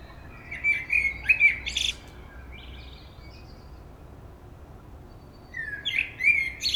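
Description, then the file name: Common blackbird song: a low fluted warble sliding into a high squeaky twitter, a pause of several seconds, then a second phrase ending in thin high notes. "Turdus merula"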